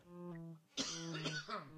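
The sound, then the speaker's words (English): A steady voiced hum gives way to a loud, raspy cough with a rough, throaty edge that lingers for about a second, with no speech around it. “If I cough, I probably had too many.”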